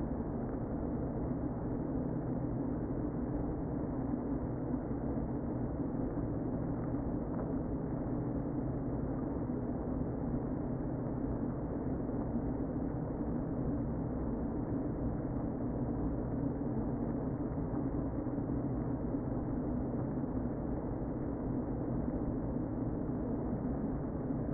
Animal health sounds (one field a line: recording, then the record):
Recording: honeybee colony, microphone inside the hive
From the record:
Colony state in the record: queen present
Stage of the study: before two queens were removed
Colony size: about 60,000 bees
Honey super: yes